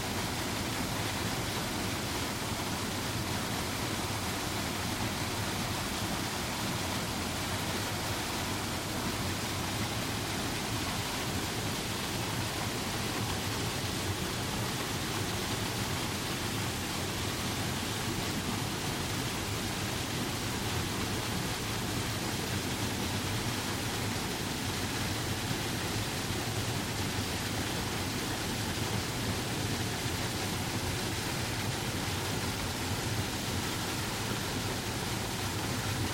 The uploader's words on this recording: Gluggafoss (Merkjárfoss), Gluggafossavegur, Iceland. Using the Zoom F6 and an ORTF stereo set of Sennheiser MKH 8040, I recorded 49 tracks of the natural ambiance of Iceland's waterfalls and rivers. Recorded by Marcel Gnauk.